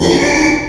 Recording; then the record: squeal of a Yucatan mini pig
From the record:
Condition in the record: after surgery on the right vocal fold (resection and tissue-engineered implant); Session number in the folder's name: 2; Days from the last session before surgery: 13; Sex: male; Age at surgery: 12 weeks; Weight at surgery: 13 kg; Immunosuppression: cyclosporine, prednisolone